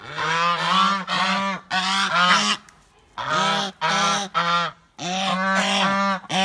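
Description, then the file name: Goose calls: strident honks delivered in clusters, with a quiet pause near the middle before the honking resumes. "Tieng ngong keu"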